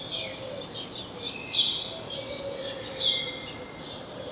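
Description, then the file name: House sparrow call: two loud harsh chirps about one and a half seconds apart, with fainter chirping and a steady hiss in the background. "Passer domesticus"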